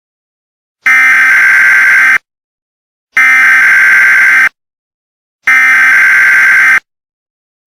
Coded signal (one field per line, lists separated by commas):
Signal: Emergency Alert System (SAME) tones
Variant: header bursts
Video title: "Better off not showing whats inside..." | short emergency alert system Gift for @Void-bq9sd